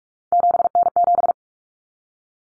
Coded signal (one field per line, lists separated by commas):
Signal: Morse code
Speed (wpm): 44 wpm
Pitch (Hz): 700 Hz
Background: none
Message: 7N7